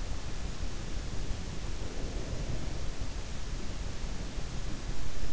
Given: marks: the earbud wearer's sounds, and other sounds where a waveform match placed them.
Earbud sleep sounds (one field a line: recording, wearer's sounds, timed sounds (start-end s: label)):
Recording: sounds in sleep by an in-ear microphone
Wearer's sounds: breath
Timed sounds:
0.20-3.34 s: breath